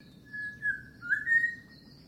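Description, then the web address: Bird call of clear whistled notes, a level whistle followed by two short upward slurs. Unidentified bird recorded in mangroves. "Sound Effects-Foundation 1 BIRD UNKNOWN MAGROVES CALL"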